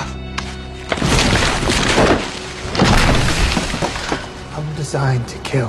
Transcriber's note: soundbite of crumbling